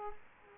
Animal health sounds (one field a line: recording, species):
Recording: mosquito wingbeat signal from an infrared sensor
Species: Culex quinquefasciatus